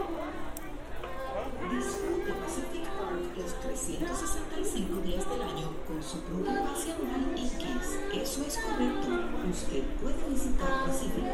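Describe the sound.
A walk on Santa Monica Pier amid a dense, steady crowd of overlapping voices, with men, women and children talking all at once. Brief bright clatters and shuffles cut through now and then, over a constant low rumble underneath.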